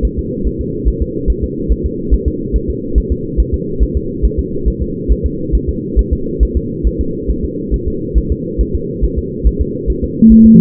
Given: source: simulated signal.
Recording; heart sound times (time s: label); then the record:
fetal heart sounds
0.05 s: S1
0.19 s: S2
0.47 s: S1
0.61 s: S2
0.88 s: S1
1.02 s: S2
1.30 s: S1
1.44 s: S2
1.72 s: S1
1.86 s: S2
2.14 s: S1
2.28 s: S2
2.56 s: S1
2.70 s: S2
2.98 s: S1
3.12 s: S2
3.40 s: S1
3.54 s: S2
3.83 s: S1
3.97 s: S2
4.25 s: S1
4.39 s: S2
4.68 s: S1
4.82 s: S2
5.12 s: S1
5.26 s: S2
5.55 s: S1
5.69 s: S2
5.99 s: S1
6.13 s: S2
6.43 s: S1
6.57 s: S2
6.87 s: S1
7.01 s: S2
7.30 s: S1
7.45 s: S2
7.74 s: S1
7.88 s: S2
8.18 s: S1
8.32 s: S2
8.61 s: S1
8.75 s: S2
9.04 s: S1
9.19 s: S2
9.47 s: S1
9.61 s: S2
9.90 s: S1
10.04 s: S2
10.32 s: S1
10.46 s: S2
From the record:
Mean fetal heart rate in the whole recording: 140 bpm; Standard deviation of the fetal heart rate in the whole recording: 2 bpm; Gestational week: 34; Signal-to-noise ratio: -6.6 dB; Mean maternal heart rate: 72 bpm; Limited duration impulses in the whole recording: present